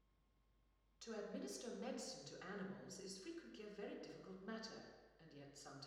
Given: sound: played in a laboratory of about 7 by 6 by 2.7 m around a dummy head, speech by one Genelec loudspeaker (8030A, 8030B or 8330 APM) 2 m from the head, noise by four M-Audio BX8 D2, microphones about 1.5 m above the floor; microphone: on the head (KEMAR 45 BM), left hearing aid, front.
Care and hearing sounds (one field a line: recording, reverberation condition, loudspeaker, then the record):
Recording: female speech in English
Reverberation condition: high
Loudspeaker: 120 degrees to the left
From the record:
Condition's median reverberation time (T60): about 1300 ms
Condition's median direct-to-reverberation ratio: about -4.0 dB